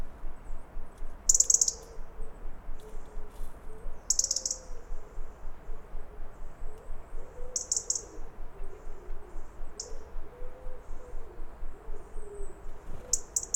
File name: Robin alarm call